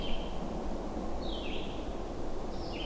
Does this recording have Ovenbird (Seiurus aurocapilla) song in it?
no